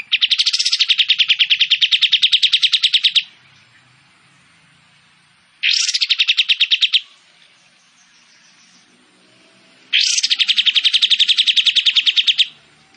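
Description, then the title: Kapas tembak: songbird song: three rapid, evenly pulsed high trills, long, short, then long, each starting with a bright accented note, with soft low background sounds between. Singing actively; shooting-style song (tembakan) and long besetan phrases; clear audio intended as tutor material for training Oriental magpie-robins to copy. "KAPAS TEMBAK GACOR TEMBAKAN DAN BESETAN PANJANG AUDIO KERNIH COCOK UNTUK MASTERAN MURAI BATU"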